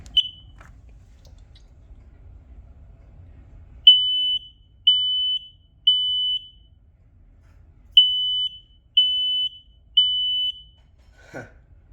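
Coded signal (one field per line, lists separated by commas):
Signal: alarm pattern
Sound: shrill high beeps in two groups of three, with a pause between groups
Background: quiet room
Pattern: temporal three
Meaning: Temporal-three pattern signals a fire; evacuate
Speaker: Code three. Code three is actually a fire alarm sound for smoke alarms. It is very good to differentiate between three beeps which indicate fire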